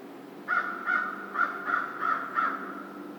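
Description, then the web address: American crow giving a rapid series of six hoarse caws, evenly spaced about every half second, with a low hum behind. Recorded 2 March 2010. "Crow 2010 03 02 American Crow 03"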